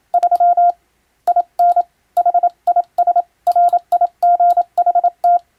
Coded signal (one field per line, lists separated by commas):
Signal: Morse code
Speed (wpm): 27 wpm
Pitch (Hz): 700 Hz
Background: none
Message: 3 IN HIS RIGHT